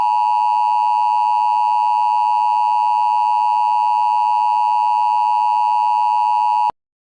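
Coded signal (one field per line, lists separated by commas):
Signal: Emergency Alert System (SAME) tones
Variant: 853 and 960 Hz attention tone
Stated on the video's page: Mock alert, not a real broadcast.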